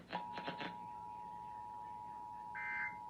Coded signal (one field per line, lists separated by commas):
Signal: Emergency Alert System (SAME) tones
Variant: 853 and 960 Hz attention tone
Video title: National EAS Test 2021